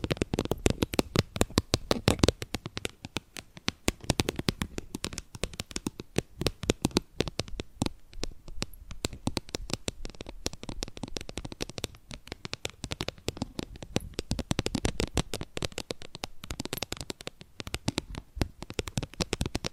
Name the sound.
Invisible Tapping, Scratching, Tracing